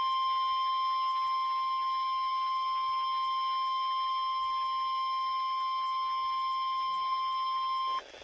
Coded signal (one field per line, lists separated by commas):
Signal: Emergency Alert System (SAME) tones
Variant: 1050 Hz attention tone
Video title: EAS Tornado Watch #707 Oklahoma, Arkansas and Missouri NOAA Weather Radio KIH27 (Tulsa Area NWR)